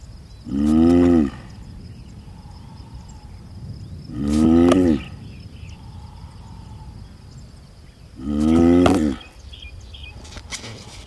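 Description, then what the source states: Galápagos giant tortoise groaning, three low, resonant calls about four seconds apart, with soft background hiss and faint tonal notes. Pair mating under the shade of a Scalesia tree in the centre of the Alcedo volcano caldera, Isabela island.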